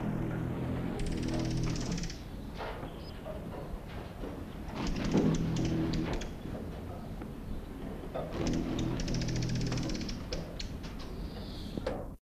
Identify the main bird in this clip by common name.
Fork-tailed Woodnymph